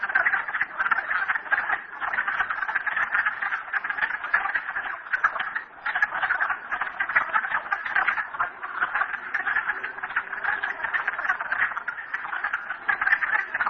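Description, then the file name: Frog chorus of many overlapping trilled croaks, continuous and dense with small swells in loudness, no pauses. Frogs recorded at Merryspring. "frogs merryspring 42008"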